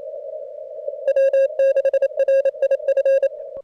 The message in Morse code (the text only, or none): W6RIF